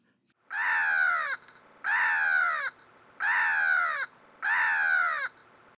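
Black-headed Gull calling: four drawn-out, grating, downward-sliding screeches, evenly spaced about every 1.3 seconds, with nothing else audible.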